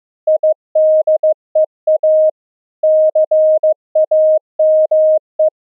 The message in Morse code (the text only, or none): IDEA CAME